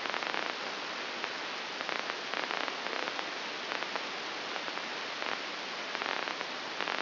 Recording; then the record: brain microelectrode recording played as sound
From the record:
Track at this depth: outside the subthalamic nucleus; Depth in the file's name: 7.26 mm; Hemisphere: left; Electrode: 2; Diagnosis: Parkinson's disease